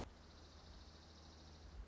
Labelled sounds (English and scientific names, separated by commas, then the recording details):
Dark-eyed Junco (Junco hyemalis)
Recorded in Sonoma County, California